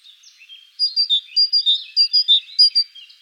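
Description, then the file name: Great tit song: after a soft twittering start, a bright, rapid run of several sharp, high paired notes. Recorded in the Netherlands. "mesange charbonniere hollande"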